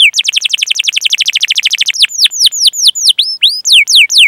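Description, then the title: Domestic canary song: a fast, even trill of sweeping notes for about two seconds, then slower, well-spaced sweeping notes. Canary singing actively with elaborate song phrasing. "Kenari Gacor Cengkok Terbaik Isian Paling Mewah"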